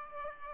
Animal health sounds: mosquito wingbeat signal from an infrared sensor; Aedes aegypti

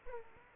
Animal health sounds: mosquito wingbeat signal from an infrared sensor; Aedes aegypti

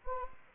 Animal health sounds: mosquito wingbeat signal from an infrared sensor; Anopheles gambiae

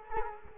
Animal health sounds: mosquito wingbeat signal from an infrared sensor; Culex quinquefasciatus

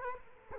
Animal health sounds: mosquito wingbeat signal from an infrared sensor; Culex quinquefasciatus

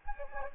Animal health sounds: mosquito wingbeat signal from an infrared sensor; Anopheles gambiae

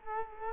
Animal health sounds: mosquito wingbeat signal from an infrared sensor; Culex quinquefasciatus

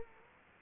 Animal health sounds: mosquito wingbeat signal from an infrared sensor; Culex quinquefasciatus

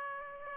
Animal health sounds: mosquito wingbeat signal from an infrared sensor; Aedes aegypti

